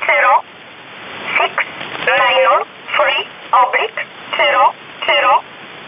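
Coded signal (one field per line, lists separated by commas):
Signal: numbers station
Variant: E11 Oblique, English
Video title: 10 04 2019 E11 Oblique Numbers station in English 1045 on 7317 unknown tx site in USB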